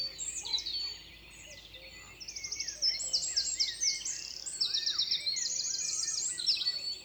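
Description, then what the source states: Eurasian wren song, fast high buzzy trills and rattling note runs tumbling in quick succession. Wren serenading in spring beech forest, Saint-Dizier-en-Diois, 28 May 2019 at 8:30 (speaker says 6 June 2019); Nagra Seven, MKH8020 stereo.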